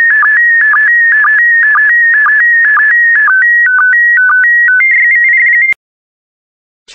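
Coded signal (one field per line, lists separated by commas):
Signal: SSTV (slow-scan television)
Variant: PD120 mode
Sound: warbling electronic tone stepping between pitches, with regular low blips, then silence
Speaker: complete. You can now check your decoded image against the picture that is shown on the video.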